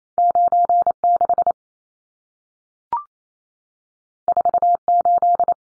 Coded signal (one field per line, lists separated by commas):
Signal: Morse code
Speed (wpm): 28 wpm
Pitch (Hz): 700 Hz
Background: none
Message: 96 48